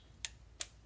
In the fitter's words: I don't know if you heard the click.